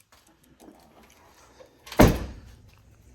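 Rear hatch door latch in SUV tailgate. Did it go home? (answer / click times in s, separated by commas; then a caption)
yes / 2.0 s. On a 2021 Ford Bronco, the rear hatch door latch in the SUV tailgate is worked after its bolt is tightened back up. Faint handling noises lead into a single loud, sharp latch click at 2.0 s that rings out briefly. The latch recatches and is seated.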